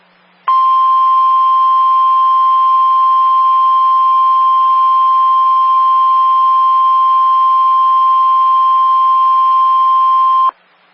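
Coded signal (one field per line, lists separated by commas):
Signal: Emergency Alert System (SAME) tones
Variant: 1050 Hz attention tone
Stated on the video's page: Three real winter storm warnings received back-to-back on NOAA Weather Radio.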